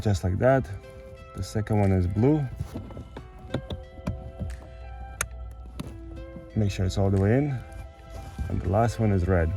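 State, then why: Seated. A blue plastic wiring harness connector is plugged into the vehicle socket of a Genesis G70 during a Mykey Premium remote starter installation. Someone talks over background music, with faint ticks around 3.2–4.1 seconds before a sharp click at 5.2 seconds. The connector is seated.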